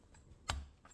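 A backup camera connector is pushed onto the female connector on the underside of an Android radio for a Honda Civic. A single sharp click sounds at 0.5 s, standing out against low background noise. The connector clicks into place and is seated.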